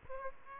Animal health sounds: mosquito wingbeat signal from an infrared sensor; Aedes aegypti

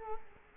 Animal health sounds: mosquito wingbeat signal from an infrared sensor; Culex quinquefasciatus

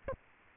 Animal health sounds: mosquito wingbeat signal from an infrared sensor; Aedes albopictus

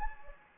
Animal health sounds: mosquito wingbeat signal from an infrared sensor; Anopheles gambiae

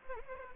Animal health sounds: mosquito wingbeat signal from an infrared sensor; Anopheles gambiae

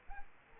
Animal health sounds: mosquito wingbeat signal from an infrared sensor; Aedes albopictus

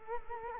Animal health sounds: mosquito wingbeat signal from an infrared sensor; Culex quinquefasciatus

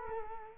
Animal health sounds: mosquito wingbeat signal from an infrared sensor; Culex quinquefasciatus

